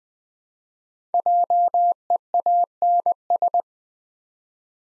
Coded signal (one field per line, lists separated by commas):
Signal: Morse code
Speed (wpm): 20 wpm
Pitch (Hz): 700 Hz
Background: none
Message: JEANS